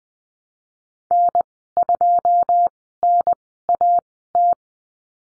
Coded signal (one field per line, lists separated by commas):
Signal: Morse code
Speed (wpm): 20 wpm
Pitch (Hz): 700 Hz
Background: none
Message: N2NAT